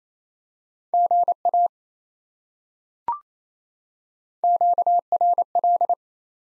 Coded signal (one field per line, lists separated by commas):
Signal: Morse code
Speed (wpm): 28 wpm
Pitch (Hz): 700 Hz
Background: none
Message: GA QRL